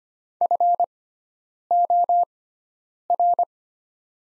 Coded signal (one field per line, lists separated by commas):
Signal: Morse code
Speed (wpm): 25 wpm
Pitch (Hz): 700 Hz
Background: none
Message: FOR